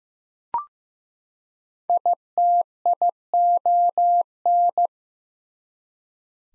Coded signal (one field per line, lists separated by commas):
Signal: Morse code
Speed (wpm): 15 wpm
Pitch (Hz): 700 Hz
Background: none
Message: ITION